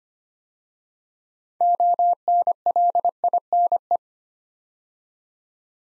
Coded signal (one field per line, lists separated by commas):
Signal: Morse code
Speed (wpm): 25 wpm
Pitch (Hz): 700 Hz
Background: none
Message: ONLINE